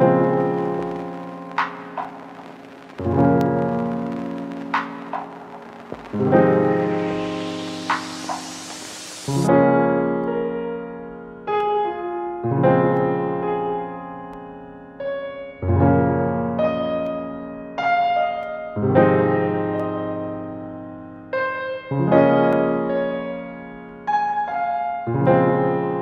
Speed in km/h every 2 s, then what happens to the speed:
77, 78, 80, 83, 84, 85, 78, 77, 82, 86, 90, 93, 93.
0-9 speeds up to 85. 9-14 slows to 77. 14-21 speeds up to 93.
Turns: none.